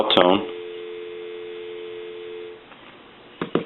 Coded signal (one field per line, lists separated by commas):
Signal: telephone call progress tone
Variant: North America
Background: speech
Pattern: dial tone